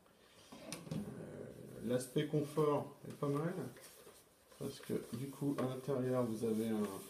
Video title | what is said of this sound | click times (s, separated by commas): Review Iron Man helmet Mk42 43 Lager Toys Roan faceplate motorized | le petit truc qui vient se se clipser | 0.7 s